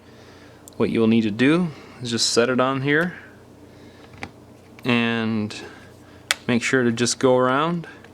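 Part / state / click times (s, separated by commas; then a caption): plastic rear housing clips into smartphone frame / not seated / none. Someone talks while setting the Moto G's plastic rear housing onto the smartphone frame, ready to work around its edge and press it on, with only a few faint brief taps between the speech. The housing is handled but not yet home; nothing has seated or clicked yet.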